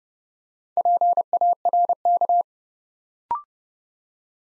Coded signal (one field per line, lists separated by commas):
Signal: Morse code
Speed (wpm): 30 wpm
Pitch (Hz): 700 Hz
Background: none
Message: PARK